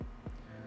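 The slide release lever on a miniature model pistol is pressed, and the slide runs forward off the slide catch. A single soft, low click sounds at 0.3 s over a faint steady hum, and the slide is released.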